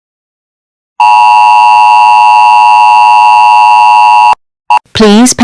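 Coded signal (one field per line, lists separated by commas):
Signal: Emergency Alert System (SAME) tones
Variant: 853 and 960 Hz attention tone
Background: speech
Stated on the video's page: Fictional EAS scenario.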